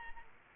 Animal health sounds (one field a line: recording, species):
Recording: mosquito wingbeat signal from an infrared sensor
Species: Aedes aegypti